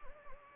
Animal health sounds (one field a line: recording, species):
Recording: mosquito wingbeat signal from an infrared sensor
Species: Anopheles gambiae